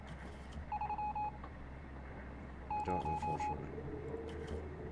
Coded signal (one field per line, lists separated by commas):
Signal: Morse code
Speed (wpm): 28 wpm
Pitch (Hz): 840 Hz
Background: speech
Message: 30